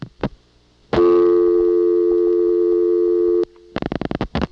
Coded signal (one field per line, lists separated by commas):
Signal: telephone call progress tone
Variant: North America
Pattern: dial tone